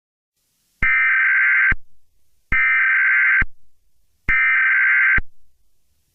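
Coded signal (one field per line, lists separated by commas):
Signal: Emergency Alert System (SAME) tones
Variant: header bursts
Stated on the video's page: Simulated EAS scenario.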